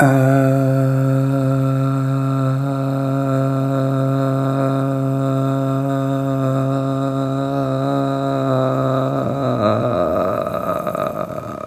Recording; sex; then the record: sustained vowel /a/; male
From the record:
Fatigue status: fatigue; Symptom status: symptomatic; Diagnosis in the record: COVID-19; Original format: m4a